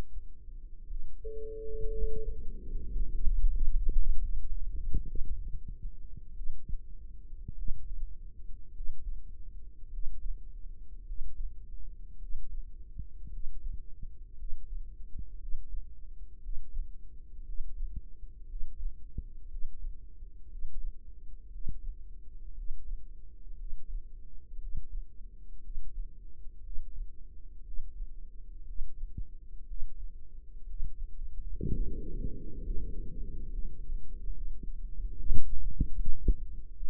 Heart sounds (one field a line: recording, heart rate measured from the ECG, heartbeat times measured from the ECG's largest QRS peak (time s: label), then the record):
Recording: heart sounds by microphone in the right ear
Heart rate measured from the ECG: 59 bpm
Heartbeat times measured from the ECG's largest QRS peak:
0.87 s: heartbeat
1.91 s: heartbeat
2.90 s: heartbeat
3.70 s: heartbeat
5.06 s: heartbeat
6.34 s: heartbeat
7.55 s: heartbeat
8.73 s: heartbeat
9.90 s: heartbeat
11.04 s: heartbeat
12.18 s: heartbeat
13.30 s: heartbeat
14.36 s: heartbeat
15.38 s: heartbeat
16.40 s: heartbeat
17.44 s: heartbeat
18.47 s: heartbeat
19.48 s: heartbeat
20.48 s: heartbeat
21.50 s: heartbeat
22.54 s: heartbeat
23.56 s: heartbeat
24.59 s: heartbeat
25.61 s: heartbeat
26.62 s: heartbeat
27.63 s: heartbeat
28.65 s: heartbeat
29.66 s: heartbeat
30.66 s: heartbeat
31.68 s: heartbeat
32.63 s: heartbeat
33.51 s: heartbeat
34.34 s: heartbeat
35.18 s: heartbeat
35.97 s: heartbeat
36.73 s: heartbeat
From the record:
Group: healthy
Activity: rest 0-1 s, breath hold 1-31 s, rest 31-37 s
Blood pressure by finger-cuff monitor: 86/52 mmHg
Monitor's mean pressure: 62 mmHg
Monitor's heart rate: 59 bpm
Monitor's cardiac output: 4.7 L/min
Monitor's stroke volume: 79 mL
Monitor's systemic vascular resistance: 920 dyn s/cm5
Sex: female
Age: 28 years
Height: 170 cm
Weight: 77 kg